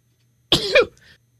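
A single short explosive burst lasting under half a second, with a sharp onset and a brief voiced, pitch-sliding tail, followed by a faint breathy trail. It is an extra-small, stifled adult sneeze that sounds much like a cough or hiccup.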